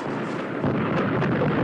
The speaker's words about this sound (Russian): Толпа бежит за уезжающим Фордом. Из выхлопной трубы стреляют выхлопные газы.